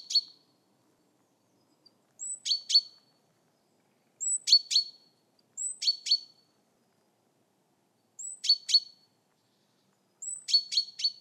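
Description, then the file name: Great tit calling: a thin high whistled note followed by two or three harsh buzzy notes, the phrase repeated several times at irregular intervals, with no other sounds. "Parus major"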